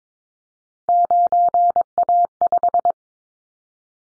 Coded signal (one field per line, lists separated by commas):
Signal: Morse code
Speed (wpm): 22 wpm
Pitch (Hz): 700 Hz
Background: none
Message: 9A5